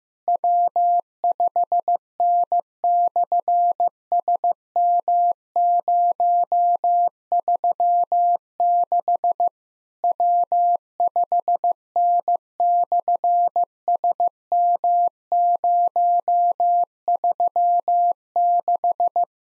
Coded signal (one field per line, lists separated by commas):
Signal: Morse code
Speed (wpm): 15 wpm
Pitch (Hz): 700 Hz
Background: none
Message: W5N/SM036 W5N/SM036